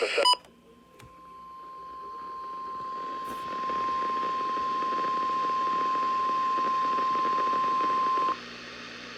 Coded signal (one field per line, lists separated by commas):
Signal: Emergency Alert System (SAME) tones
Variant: 1050 Hz attention tone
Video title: EAS #27 Required Weekly Test